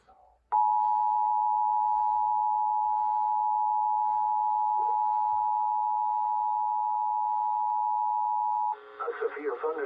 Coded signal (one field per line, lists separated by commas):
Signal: Emergency Alert System (SAME) tones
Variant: 853 and 960 Hz attention tone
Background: speech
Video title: INDEPENDENCE DAY STORMINESS🇺🇲🇺🇲... EAS Alerts from 7/4/22 (EAS 1,202 - 1,222)